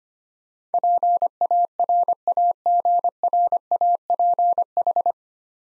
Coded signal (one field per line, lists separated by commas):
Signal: Morse code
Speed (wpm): 25 wpm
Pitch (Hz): 700 Hz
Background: none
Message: PARAGRAPH